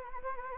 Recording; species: mosquito wingbeat signal from an infrared sensor; Anopheles gambiae